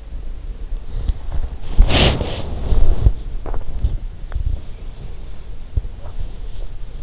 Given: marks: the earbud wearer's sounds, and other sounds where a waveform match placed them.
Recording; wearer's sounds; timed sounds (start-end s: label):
sounds in sleep by an in-ear microphone; body movement
0.04-5.44 s: body movement